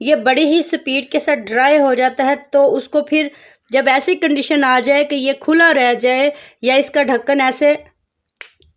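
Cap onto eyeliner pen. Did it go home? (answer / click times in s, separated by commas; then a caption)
yes / 8.4 s. Someone talks, then a plastic cap is pushed onto a liquid eyeliner pen so the ink does not dry out. It snaps shut with a sharp click at 8.4 s, with faint ticks around it, and the cap is seated.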